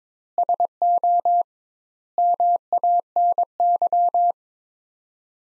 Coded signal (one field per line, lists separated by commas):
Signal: Morse code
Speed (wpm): 21 wpm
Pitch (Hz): 700 Hz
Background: none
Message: SO MANY